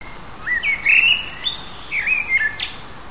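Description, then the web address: Songbird singing short warbled phrases of quick rising and falling whistles, several bright notes in under three seconds, over faint background hiss. Native hedgerow birds, recorded in June. "oeko hecke vogel juni vogel heimisch"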